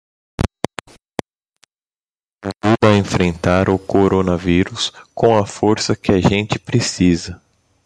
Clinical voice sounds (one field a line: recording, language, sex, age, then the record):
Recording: spoken sentence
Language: Brazilian Portuguese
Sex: male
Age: 30 to 39 years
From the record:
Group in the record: control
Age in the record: 35 years